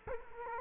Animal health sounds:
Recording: mosquito wingbeat signal from an infrared sensor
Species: Culex quinquefasciatus

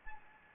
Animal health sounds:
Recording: mosquito wingbeat signal from an infrared sensor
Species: Anopheles gambiae

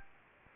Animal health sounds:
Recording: mosquito wingbeat signal from an infrared sensor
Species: Anopheles gambiae

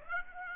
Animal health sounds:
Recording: mosquito wingbeat signal from an infrared sensor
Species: Aedes aegypti

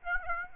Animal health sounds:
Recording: mosquito wingbeat signal from an infrared sensor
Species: Aedes aegypti

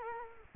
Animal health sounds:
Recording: mosquito wingbeat signal from an infrared sensor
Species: Culex quinquefasciatus

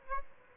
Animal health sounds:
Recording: mosquito wingbeat signal from an infrared sensor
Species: Aedes albopictus

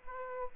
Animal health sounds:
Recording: mosquito wingbeat signal from an infrared sensor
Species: Aedes aegypti

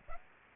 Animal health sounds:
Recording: mosquito wingbeat signal from an infrared sensor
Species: Aedes aegypti

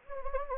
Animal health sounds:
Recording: mosquito wingbeat signal from an infrared sensor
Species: Anopheles gambiae

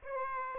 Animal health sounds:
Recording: mosquito wingbeat signal from an infrared sensor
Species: Aedes aegypti

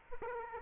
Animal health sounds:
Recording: mosquito wingbeat signal from an infrared sensor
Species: Aedes aegypti

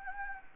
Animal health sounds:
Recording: mosquito wingbeat signal from an infrared sensor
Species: Anopheles gambiae

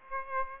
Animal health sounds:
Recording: mosquito wingbeat signal from an infrared sensor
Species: Aedes aegypti

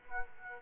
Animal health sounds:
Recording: mosquito wingbeat signal from an infrared sensor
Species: Aedes aegypti

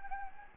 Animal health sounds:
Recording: mosquito wingbeat signal from an infrared sensor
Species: Anopheles gambiae

